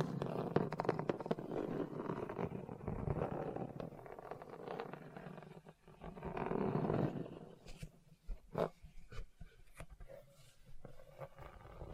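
Rough scratching and scraping over a hard, bumpy surface, dense and gritty for eight seconds, then breaking into sharp separate scrapes and knocks.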